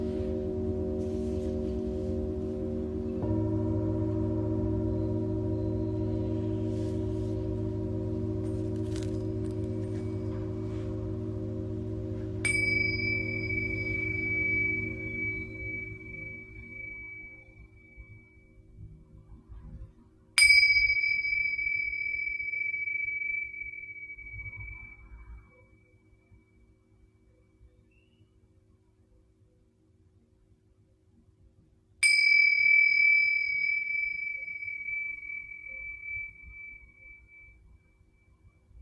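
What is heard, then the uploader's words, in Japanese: Singing bowls ring for sound healing. A low, thick hum of several deep bowls fills the first fifteen seconds and slowly fades, then a bright bowl is struck three times, near 12, 20 and 32 seconds, each strike a clear high ring that lingers and decays. メキシコから シンギングボウルのサウンドヒーリング ライブ。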